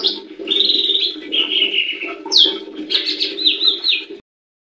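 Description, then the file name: Leafbird singing a continuous warbling run of clear whistles and buzzy slurred notes, with a constant low background hum. "audio cucak hijau mini. omkicau"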